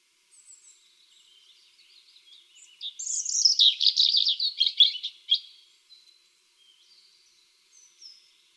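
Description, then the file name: European robin song: faint scattered high notes, then a loud burst of rapid, jangling trills, followed by soft thin notes again. "Erithacus rubecula"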